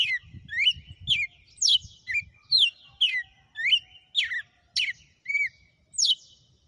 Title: Canto Galo Campina Fêmea. Galo de campina,hj foi um açoite atrás do outro